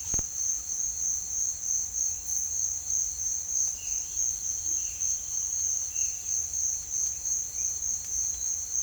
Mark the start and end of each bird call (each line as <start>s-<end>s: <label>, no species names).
3.66s-6.30s: bird call
6.87s-7.78s: bird call